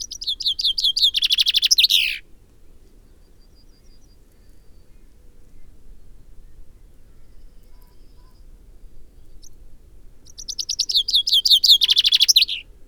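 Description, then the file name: Common chaffinch song, two phrases roughly ten seconds apart, each a quick series of falling notes running into a trill and terminal flourish, quiet low background between. "Fringilla coelebs"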